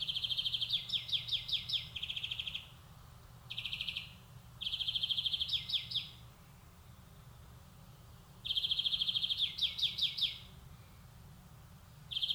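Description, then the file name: European greenfinch delivering buzzy trills mixed with rolling twitters, several phrases with quiet pauses between them. "Chloris chloris"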